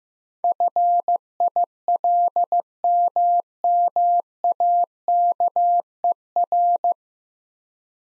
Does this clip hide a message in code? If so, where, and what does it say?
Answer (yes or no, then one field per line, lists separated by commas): yes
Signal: Morse code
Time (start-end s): 0.4-6.9 s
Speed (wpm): 15 wpm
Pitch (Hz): 700 Hz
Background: none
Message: FILMMAKER